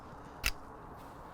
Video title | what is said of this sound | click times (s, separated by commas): Never lose your pencil again! Hultafors 650100 Dry Marker (Mechanical Pencil) REVIEW | it locks in place and then the pencil just clips right in so it's | 0.5 s